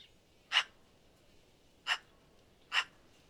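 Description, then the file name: Eurasian magpie giving three short, harsh rasping notes, irregularly spaced about one second apart, otherwise quiet. "eurasian magpie - pica pica"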